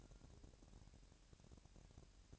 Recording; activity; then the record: daily activity, microphone in the room; take from stove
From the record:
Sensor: 2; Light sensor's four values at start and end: 78/186/76/74 and 78/186/76/74